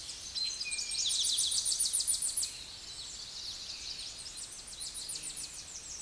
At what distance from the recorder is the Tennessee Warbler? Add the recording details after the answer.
about 20 m. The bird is about 15 m above the microphone. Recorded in a Pennsylvania forest on 16 May 2024 at 09:52. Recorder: AudioMoth, point MSD-1401. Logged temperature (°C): 16.4 °C. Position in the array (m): 67 m, 167 m